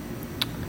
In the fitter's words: Then our new Twitter snaps right in.